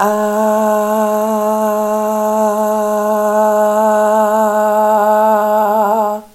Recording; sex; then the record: sustained vowel /a/; female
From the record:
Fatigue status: no fatigue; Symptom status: asymptomatic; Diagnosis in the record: COVID-19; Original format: m4a